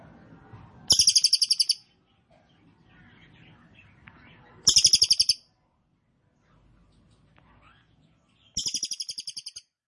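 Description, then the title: Cililin trilling song: three short bursts of rapid, high, rattling notes, roughly every four seconds, with faint low background noise between them. Birdsong used to train caged birds; song style named trorol, described as konslet and gacor. "Cililin AMPUH. Cililin Trorol Konslet Gacor Banget"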